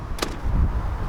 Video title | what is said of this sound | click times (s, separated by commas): NEW 2017 Skoda Kodiaq SUV Test Review | and it Clips back into place | 0.2 s